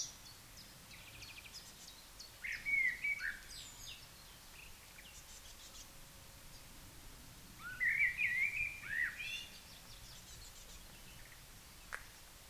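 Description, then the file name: Common blackbird singing two separate phrases, each a low fluted warble sliding up and ending in a thin squeaky twitter, with a long quiet pause between them and faint chirps from other small birds. "Turdus merula"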